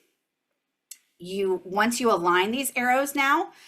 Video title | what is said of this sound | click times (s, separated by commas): Evenflo Product Update: Spring 2025 | and at this point once you've aligned the arrows you will insert the tool until you hear a click | 0.9 s